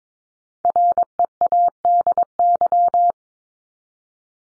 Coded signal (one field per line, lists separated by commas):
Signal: Morse code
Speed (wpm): 22 wpm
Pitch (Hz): 700 Hz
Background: none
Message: READY